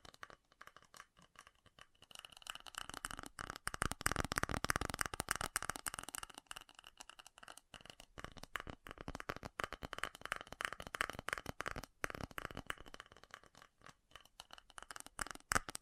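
Fast tapping runs for the whole stretch as a dense flurry of sharp, bright clicks, irregular and closely packed, with short gaps near 2, 7.5 and 12 seconds. It starts sparser, thickens after about two seconds, and carries a faint rattly, card-shuffling texture.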